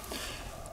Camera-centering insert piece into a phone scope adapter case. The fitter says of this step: that clicks into place your camera is now centered then